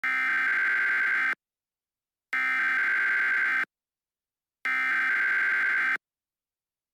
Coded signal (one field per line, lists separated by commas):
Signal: Emergency Alert System (SAME) tones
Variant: header bursts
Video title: eas